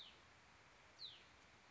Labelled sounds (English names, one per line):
Hutton's Vireo